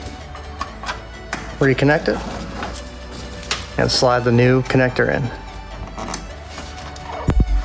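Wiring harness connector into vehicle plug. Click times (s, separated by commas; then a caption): 7.3 s. A new factory AUX switch harness connector is slid into its mating plug on a Hummer EV while someone talks over background music. Small clicks and handling sounds occur along the way, and the connector latch clicks home at 7.3 s, fully seated.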